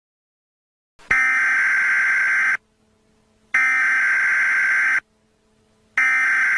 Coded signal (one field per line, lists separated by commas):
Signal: Emergency Alert System (SAME) tones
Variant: header bursts